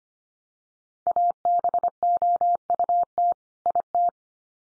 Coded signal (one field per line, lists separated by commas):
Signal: Morse code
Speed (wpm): 25 wpm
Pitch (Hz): 700 Hz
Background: none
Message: ABOUT IT